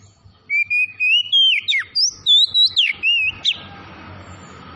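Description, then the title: Oriental magpie-robin song, a fast run of many clear whistled notes, some rising, some sharply falling, ending abruptly with soft background noise. Tretes variety of the bird, singing vigorously (gacor). "Kacer Tretes Gacor"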